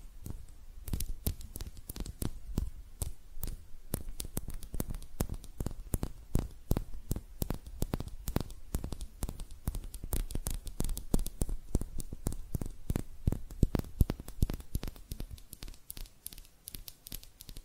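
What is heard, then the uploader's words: Hand sounds made up of dense, irregular clicks and taps, each a sharp crisp snap that runs from low to bright. They come in quick clusters throughout, over a low steady rumble and faint hiss, with no voice. ASMR Relaxing Hand Sounds (No Talking).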